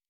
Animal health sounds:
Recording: hydrophone in a shrimp aquaculture tank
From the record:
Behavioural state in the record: normal

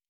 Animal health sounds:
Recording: hydrophone in a shrimp aquaculture tank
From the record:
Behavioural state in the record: normal

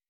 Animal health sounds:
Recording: hydrophone in a shrimp aquaculture tank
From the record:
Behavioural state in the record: weakened

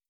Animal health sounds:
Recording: hydrophone in a shrimp aquaculture tank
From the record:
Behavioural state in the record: starved

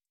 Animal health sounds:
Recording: hydrophone in a shrimp aquaculture tank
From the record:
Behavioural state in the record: stressed

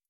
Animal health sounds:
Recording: hydrophone in a shrimp aquaculture tank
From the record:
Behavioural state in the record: feeding

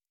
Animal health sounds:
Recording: hydrophone in a shrimp aquaculture tank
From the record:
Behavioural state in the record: normal

